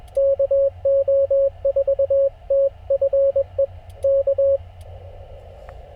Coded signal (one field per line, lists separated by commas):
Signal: Morse code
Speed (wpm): 21 wpm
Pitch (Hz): 560 Hz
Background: radio noise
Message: KO4TFE K